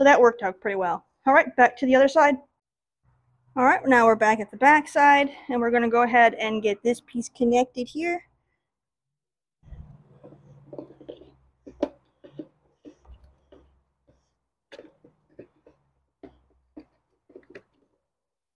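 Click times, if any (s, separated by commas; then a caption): none. Someone talks, then a plastic CCV vent hose is handled and lined up on the fitting at the back of a BMW engine, with scattered short plastic knocks and scrapes. The hose has not snapped on or clicked into place yet.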